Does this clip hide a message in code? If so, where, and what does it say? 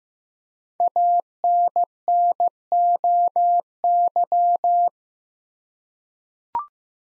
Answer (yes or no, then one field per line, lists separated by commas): yes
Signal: Morse code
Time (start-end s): 0.8-4.9 s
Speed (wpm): 15 wpm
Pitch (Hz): 700 Hz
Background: none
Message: ANNOY